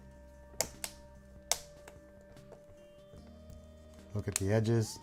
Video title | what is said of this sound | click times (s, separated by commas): How to Remove and Replace Samsung Galaxy S4 Rear Smashed Camera Complete Replacement-Repair-Fix | that just snaps on look | 0.6 s, 1.5 s